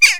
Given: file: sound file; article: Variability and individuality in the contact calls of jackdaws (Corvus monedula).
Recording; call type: jackdaw call; harmonic